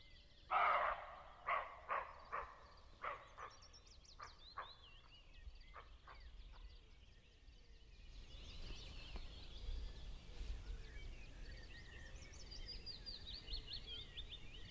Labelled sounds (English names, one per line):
Western Roe Deer barking